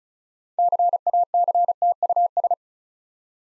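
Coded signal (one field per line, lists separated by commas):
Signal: Morse code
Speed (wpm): 36 wpm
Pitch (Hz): 700 Hz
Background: none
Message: CACTUS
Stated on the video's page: Morse code practice at 35 wpm, difficult words with contextual hints, for copying practice.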